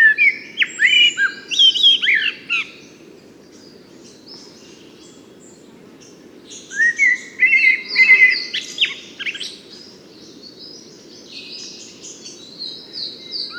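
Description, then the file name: Common blackbird singing mellow whistled phrases that slide up and down, finishing with thin high twittering, two song bursts with a quiet gap between, over a constant low rumble. "Turdus merula"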